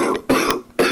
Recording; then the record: coughing mixed with background sound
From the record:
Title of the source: Coughing 77